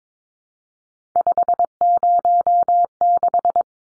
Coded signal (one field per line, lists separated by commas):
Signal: Morse code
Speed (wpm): 22 wpm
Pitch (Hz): 700 Hz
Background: none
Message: 506